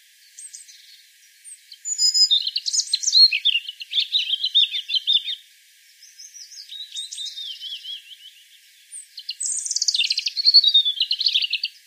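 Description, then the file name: European robin delivering varied song phrases: high sliding whistles, rippling trills and squeaky twitters, separated by short pauses. "Erithacus rubecula"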